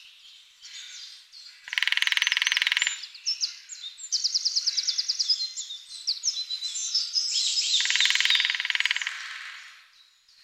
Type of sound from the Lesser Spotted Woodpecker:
drumming